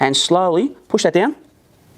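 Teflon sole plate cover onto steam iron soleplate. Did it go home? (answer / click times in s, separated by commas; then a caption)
no / none. Someone talks while a Teflon-coated protective sole plate cover is fitted onto the soleplate of a Laurastar LIFT steam station iron, nose in first with the back being slowly pushed down. Speech fills the first 1.3 seconds, then the clip goes quiet. Nothing has seated or clicked yet.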